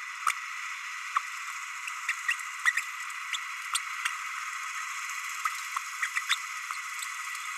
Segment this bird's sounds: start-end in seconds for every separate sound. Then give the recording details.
0.29-0.32, 1.15-1.19, 2.08-2.12, 2.28-2.33, 2.65-2.72, 2.76-2.80, 3.32-3.37, 3.74-3.79, 4.04-4.08, 5.45-5.49, 6.01-6.07, 6.16-6.21, 6.29-6.35. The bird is a male. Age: 30 days. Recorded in a nest box in Venezuela. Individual 17B32A6